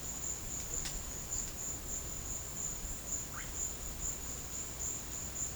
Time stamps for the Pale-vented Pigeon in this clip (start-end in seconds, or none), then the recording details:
none. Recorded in secondary vegetation near Puerto Asís, Putumayo, Colombia, on 21 December 2024 at 14:30. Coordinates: 0.499, -76.323. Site G010